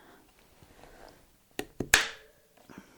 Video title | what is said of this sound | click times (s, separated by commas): Getting my Shock Just Right - How and Why to Use Volume Spacers - Fox DPS | pull it up till it snaps in | 1.9 s